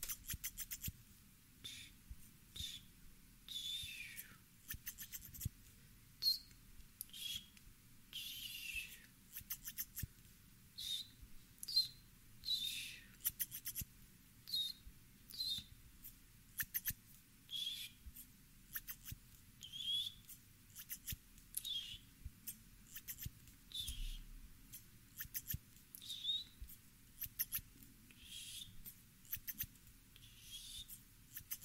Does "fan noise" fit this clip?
no